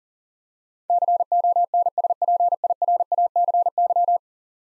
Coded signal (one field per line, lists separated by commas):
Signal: Morse code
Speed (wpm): 40 wpm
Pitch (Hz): 700 Hz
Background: none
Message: CONSPIRACY